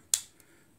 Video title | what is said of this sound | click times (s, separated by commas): Ruger Single Six Revolver, .22 cal pistol, Gary J | you can it has three clicks to it you pull the hammer back one click that's | 0.1 s